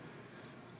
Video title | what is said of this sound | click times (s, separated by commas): Glock G17 Simple Cleaning (with product links) | it should snap right into place and it won't come out very easily | 0.8 s